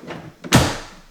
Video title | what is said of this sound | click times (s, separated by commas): Ecovacs Goat G1-2000 et son garage 😏 | donc là il faut bien entendre le clips. | 0.5 s